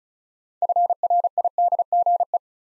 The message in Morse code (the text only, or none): FRIDGE